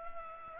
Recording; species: mosquito wingbeat signal from an infrared sensor; Culex pipiens